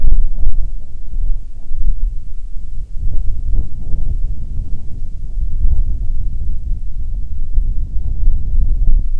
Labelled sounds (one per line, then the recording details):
wind
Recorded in the Prudhoe Bay oil fields, Alaska, on 7 August 2019 at 14:25
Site 17